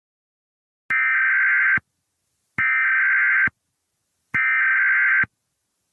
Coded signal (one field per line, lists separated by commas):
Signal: Emergency Alert System (SAME) tones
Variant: header bursts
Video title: EAS Scenario #28 Invasion of The Ghost Types